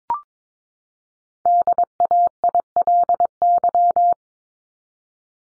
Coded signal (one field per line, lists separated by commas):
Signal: Morse code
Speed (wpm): 22 wpm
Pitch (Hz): 700 Hz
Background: none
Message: DAILY